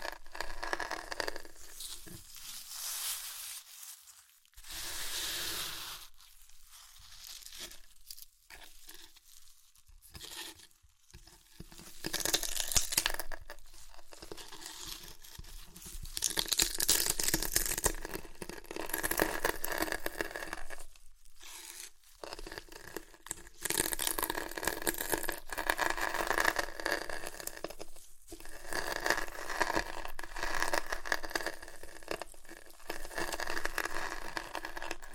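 Chips crunch and crinkle in dense, irregular bursts of bright crackling and rustling, with short quiet gaps early on and steadier crushing later.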